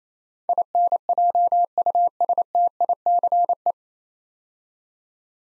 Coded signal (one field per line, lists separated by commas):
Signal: Morse code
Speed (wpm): 28 wpm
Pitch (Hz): 700 Hz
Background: none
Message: INJUSTICE